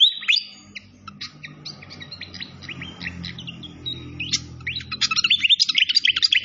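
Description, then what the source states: Malaysian pied fantail song begins with a rising whistle, then scattered chirps over trickling water, ending in a quick run of bright notes. Masteran (training recording) of clear-voiced song, mixed with the sound of flowing water.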